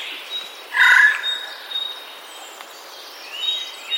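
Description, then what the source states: Eurasian jay giving one short, harsh, rasping screech lasting under half a second. Recorded 30 March 2021.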